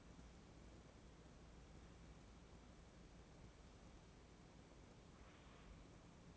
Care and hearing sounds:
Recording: daily activity, microphone in the room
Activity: wipe stove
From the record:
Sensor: 1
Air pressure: 1012.5 hPa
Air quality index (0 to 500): 145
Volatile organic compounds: 2 ppm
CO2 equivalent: 1196 ppm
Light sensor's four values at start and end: 4502/8764/4423/4579 and 4481/8723/4403/4560

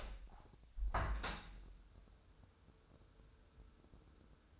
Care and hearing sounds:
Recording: daily activity, microphone in the room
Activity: open window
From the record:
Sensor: 2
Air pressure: 1014.8 hPa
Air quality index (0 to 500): 28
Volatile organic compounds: 1 ppm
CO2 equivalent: 522 ppm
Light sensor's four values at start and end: 8/19/8/8 and 9/20/8/8

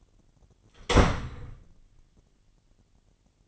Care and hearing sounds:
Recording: daily activity, microphone in the room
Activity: close door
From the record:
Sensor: 4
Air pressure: 999.2 hPa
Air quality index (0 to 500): 116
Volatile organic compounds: 2 ppm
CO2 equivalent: 1141 ppm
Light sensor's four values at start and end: 13/31/12/14 and 13/30/12/13

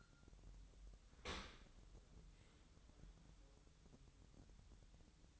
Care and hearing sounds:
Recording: daily activity, microphone in the room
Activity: open dishwasher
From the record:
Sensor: 3

